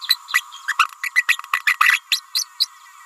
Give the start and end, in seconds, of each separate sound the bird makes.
0.33-0.41, 0.68-0.73, 0.78-0.85, 1.03-1.11, 1.15-1.22, 1.28-1.38, 1.53-1.62, 1.66-1.76, 1.80-2.00, 2.11-2.20, 2.35-2.45, 2.60-2.67